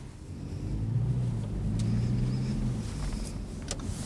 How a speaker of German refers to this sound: Könnten wir echt tatsächlich, da hinten fährt auch ein Bus, vielleicht ist das aus der Gegenrichtung.